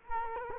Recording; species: mosquito wingbeat signal from an infrared sensor; Culex quinquefasciatus